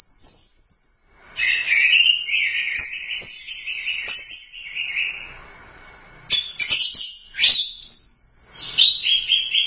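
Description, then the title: Thrush song opening with a thin, sustained high whistle, then a burbling run of lower notes, a pause, and a final burst of bright trills. "burung anis x"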